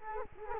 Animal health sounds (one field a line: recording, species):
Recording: mosquito wingbeat signal from an infrared sensor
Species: Culex quinquefasciatus